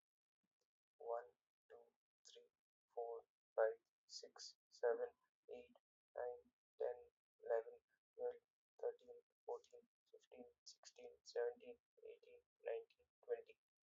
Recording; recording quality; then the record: counting at a normal pace; excellent, no background noise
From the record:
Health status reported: COVID-19 positive, mild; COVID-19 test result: positive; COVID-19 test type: RT-PCR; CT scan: not taken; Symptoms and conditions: cough, cold, fever, fatigue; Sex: male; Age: 26 years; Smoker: no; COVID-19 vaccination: both doses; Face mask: not worn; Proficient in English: yes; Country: India